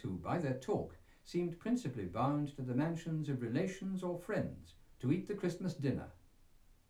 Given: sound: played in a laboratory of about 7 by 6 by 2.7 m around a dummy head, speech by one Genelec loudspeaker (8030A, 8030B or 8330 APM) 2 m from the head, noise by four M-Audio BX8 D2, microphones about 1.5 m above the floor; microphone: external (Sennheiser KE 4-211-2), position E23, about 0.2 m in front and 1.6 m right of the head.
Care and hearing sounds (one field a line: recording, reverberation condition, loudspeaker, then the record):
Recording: male speech in English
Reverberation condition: low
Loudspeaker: 150 degrees to the left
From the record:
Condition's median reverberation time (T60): about 310 ms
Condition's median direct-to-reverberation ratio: about 3.5 dB